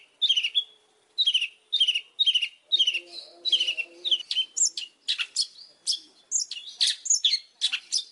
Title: Pancingan Suara Siulan Kacer Gacor Mantap Untuk Memancing Kacer Lain Agar Mau Nyaut Bunyi